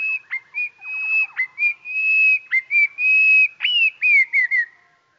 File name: goldcrest song slowed down